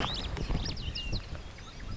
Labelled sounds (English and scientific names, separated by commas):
Superb Starling (Lamprotornis superbus) flight call